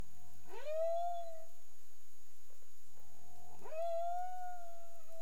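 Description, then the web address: Humpback whale calls: two rising whoops that sweep up and hold a steady wailing tone, each preceded by low grunting pulses, roughly three seconds apart, with background hiss. Recorded in the Caribbean on 30 April 2035 at 03:11 UTC. "CARIMAM clean data humpback whale"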